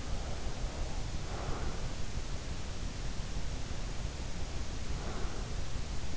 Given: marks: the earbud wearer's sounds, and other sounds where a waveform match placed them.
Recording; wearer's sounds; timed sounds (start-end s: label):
sounds in sleep by an in-ear microphone; breath
0.02-1.97 s: breath
3.74-5.46 s: breath